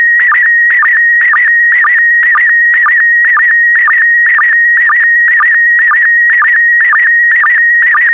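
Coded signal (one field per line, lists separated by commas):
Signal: SSTV (slow-scan television)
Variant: PD120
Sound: steady high warbling tone with regular short low blips about twice a second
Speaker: complete you can now check your decoded image against the picture that is shown on the video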